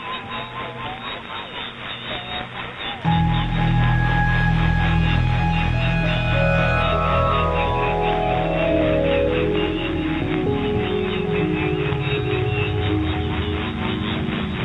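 Shortwave radio at night: a murmur of muffled speech-like noise gives way at about three seconds to a much louder, dense wash of hiss and tones. Steady whistles and slowly sliding pitches drift downward through the middle, over a constant low rumble.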